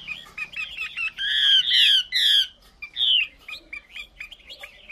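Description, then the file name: Chinese hwamei song: a run of quick whistled notes, then loud rich slurred phrases, then more short whistled notes repeated rapidly. Female hwamei singing. "Tieng chim hoa mi mai hot"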